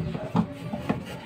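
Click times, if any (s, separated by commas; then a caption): 0.4 s. A replacement part (motor or seal assembly) is pushed into its mount on a Samsung washing machine during a motor and seal replacement. It snaps into place with a sharp tak at 0.4 s, followed by a softer knock at 0.9 s. The part is fully fixed in place.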